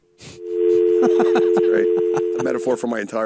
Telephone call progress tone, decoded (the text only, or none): dial tone